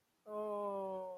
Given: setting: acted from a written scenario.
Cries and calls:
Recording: vocal sound without words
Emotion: sympathy

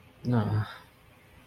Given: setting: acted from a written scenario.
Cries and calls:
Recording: vocal sound without words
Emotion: guilt

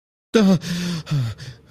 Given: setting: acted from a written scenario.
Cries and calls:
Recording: vocal sound without words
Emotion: distress

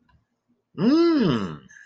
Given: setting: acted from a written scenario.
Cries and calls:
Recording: vocal sound without words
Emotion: realization

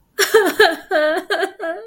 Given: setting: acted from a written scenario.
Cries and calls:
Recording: vocal sound without words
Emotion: sadness

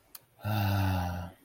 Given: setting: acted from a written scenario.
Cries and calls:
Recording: vocal sound without words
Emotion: serenity

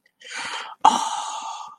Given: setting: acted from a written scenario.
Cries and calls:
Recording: vocal sound without words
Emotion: elation

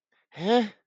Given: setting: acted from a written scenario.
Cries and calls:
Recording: vocal sound without words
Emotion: confusion

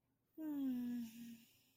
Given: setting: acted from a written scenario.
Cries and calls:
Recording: vocal sound without words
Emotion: romantic love

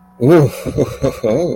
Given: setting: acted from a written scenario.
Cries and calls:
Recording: vocal sound without words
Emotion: ecstasy

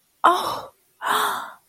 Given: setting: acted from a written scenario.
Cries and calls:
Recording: vocal sound without words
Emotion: elation

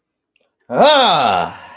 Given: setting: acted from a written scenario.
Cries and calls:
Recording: vocal sound without words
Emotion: triumph

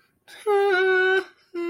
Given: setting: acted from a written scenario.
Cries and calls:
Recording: vocal sound without words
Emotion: sadness

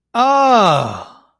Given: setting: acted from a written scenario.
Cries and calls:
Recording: vocal sound without words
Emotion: negative surprise

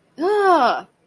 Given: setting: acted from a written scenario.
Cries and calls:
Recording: vocal sound without words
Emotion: negative surprise

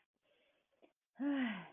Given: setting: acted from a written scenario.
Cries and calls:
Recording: vocal sound without words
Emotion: shame

